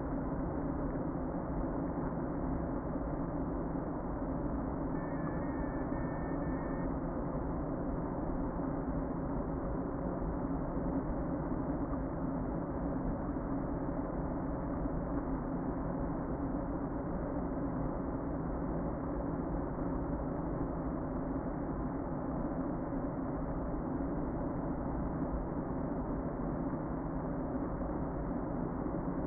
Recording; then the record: honeybee colony, microphone inside the hive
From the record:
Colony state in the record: queen present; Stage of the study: before two queens were removed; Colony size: about 60,000 bees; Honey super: yes